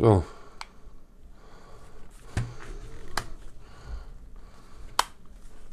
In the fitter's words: jetzt sind sie wieder eingerastet.